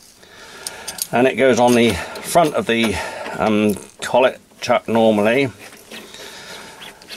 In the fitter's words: collet goes into it exactly the same way by twisting it into position until it clicks in.